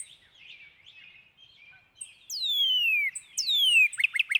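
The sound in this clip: Northern cardinal song: two long, loud whistles sliding steeply downward, then a burst of short, rapid slurred notes, with softer twittering before.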